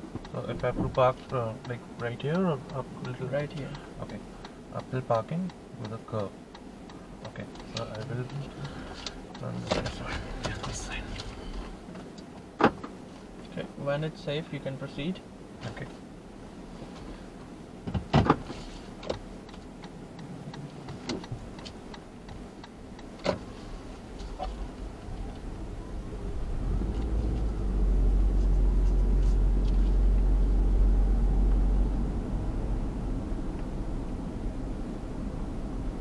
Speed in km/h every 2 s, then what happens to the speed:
0, 0, 0, 0, 0, 0, 0, 0, 0, 0, 0, 0, 7, 12, 19, 24, 27, 28.
0-23 standing. 23-36 pulls away to 28.